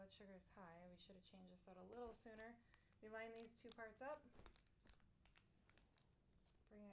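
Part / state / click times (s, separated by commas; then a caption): insulin pump cartridge/reservoir into pump body / not seated / none. Someone talks while lining up the two plastic parts of a Twiist insulin pump, the cartridge/reservoir and the pump body, before pushing them together. Soft crinkling and handling sounds follow the talking, with a few brief faint ticks after about 4.5 s. Nothing has seated or clicked yet.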